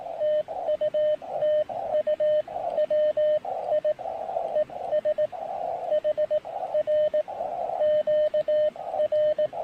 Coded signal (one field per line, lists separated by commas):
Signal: Morse code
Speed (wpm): 18 wpm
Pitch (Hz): 610 Hz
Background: radio noise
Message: TU TU WI ES HR QR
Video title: POTA with 3 Watts! Pairing the MTR-3B, EFHW, and a new speaker at PIsgah National Forest.